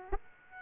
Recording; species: mosquito wingbeat signal from an infrared sensor; Aedes aegypti